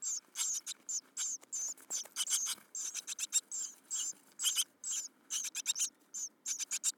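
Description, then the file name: Great tit chattering calls, a rapid run of short scratchy, hissing notes in uneven bursts with brief gaps. "Parus major"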